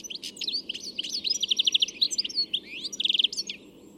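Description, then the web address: Bird calls: quick high chirps and short rapid trills in bursts over a steady background hiss. "Deverinetal. Bird Only"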